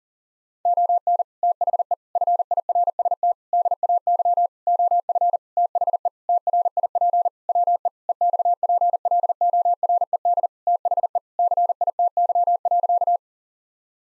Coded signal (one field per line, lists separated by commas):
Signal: Morse code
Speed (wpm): 40 wpm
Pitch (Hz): 700 Hz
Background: none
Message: ON THE FIRST DAY OF THE TRIP WE EXPLORED THE CITY.